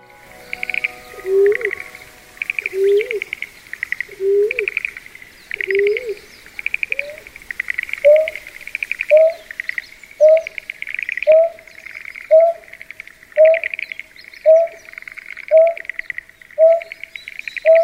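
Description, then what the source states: Greater painted-snipe giving a steady series of low, hollow hoots, each slightly rising, about one per second and gradually higher in pitch, over a pulsing background chirr. Recorded in the suburbs of Tokyo, Japan.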